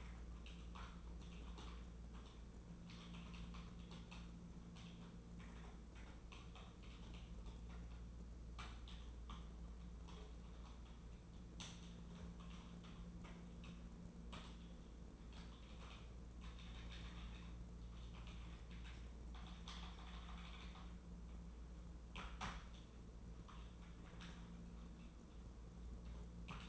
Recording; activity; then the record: daily activity, microphone in the room; typing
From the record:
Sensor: 1